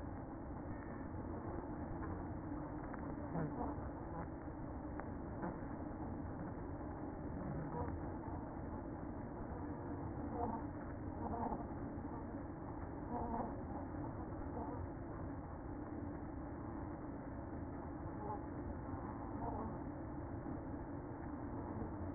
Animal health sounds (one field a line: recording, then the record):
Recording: honeybee colony, microphone inside the hive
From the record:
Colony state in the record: queen present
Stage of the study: after two queens were removed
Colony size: about 60,000 bees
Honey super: yes